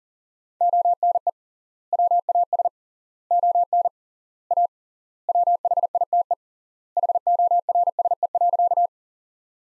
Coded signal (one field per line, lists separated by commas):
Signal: Morse code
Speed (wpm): 40 wpm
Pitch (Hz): 700 Hz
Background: none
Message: ONE WAS ON A WHITE HORSE.